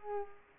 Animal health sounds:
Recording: mosquito wingbeat signal from an infrared sensor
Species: Culex pipiens

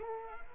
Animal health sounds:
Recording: mosquito wingbeat signal from an infrared sensor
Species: Culex quinquefasciatus

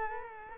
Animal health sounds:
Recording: mosquito wingbeat signal from an infrared sensor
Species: Culex quinquefasciatus

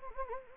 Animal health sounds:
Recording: mosquito wingbeat signal from an infrared sensor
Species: Anopheles gambiae

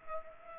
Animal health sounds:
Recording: mosquito wingbeat signal from an infrared sensor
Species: Culex pipiens

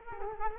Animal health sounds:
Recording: mosquito wingbeat signal from an infrared sensor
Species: Culex quinquefasciatus

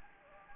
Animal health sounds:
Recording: mosquito wingbeat signal from an infrared sensor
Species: Anopheles gambiae

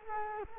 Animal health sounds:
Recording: mosquito wingbeat signal from an infrared sensor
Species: Culex quinquefasciatus

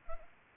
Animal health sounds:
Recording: mosquito wingbeat signal from an infrared sensor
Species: Culex pipiens

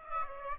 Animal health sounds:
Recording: mosquito wingbeat signal from an infrared sensor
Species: Aedes aegypti

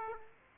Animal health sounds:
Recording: mosquito wingbeat signal from an infrared sensor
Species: Aedes aegypti

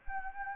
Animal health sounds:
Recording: mosquito wingbeat signal from an infrared sensor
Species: Anopheles arabiensis

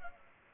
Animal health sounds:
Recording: mosquito wingbeat signal from an infrared sensor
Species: Culex pipiens

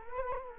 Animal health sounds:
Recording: mosquito wingbeat signal from an infrared sensor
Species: Culex quinquefasciatus

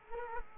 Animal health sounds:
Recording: mosquito wingbeat signal from an infrared sensor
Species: Culex quinquefasciatus

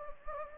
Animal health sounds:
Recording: mosquito wingbeat signal from an infrared sensor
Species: Anopheles gambiae

